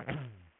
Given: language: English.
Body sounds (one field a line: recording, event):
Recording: throat vibration sensor signal played as sound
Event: throat clearing